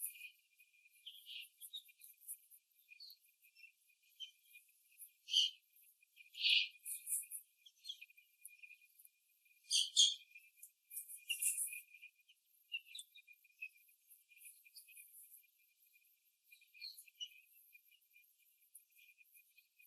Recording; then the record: young laying hens in a cage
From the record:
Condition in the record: after the stressor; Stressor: simulated dog barking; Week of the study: 3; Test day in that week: 1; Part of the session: 4